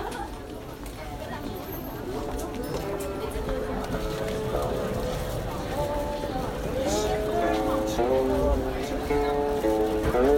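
Nanluoguxiang lane fills with a steady murmur of many overlapping voices, with talking all the way through and no pauses. Some voices stand out clearly around the middle and toward the end as the crowd grows slightly louder, over a low constant rumble.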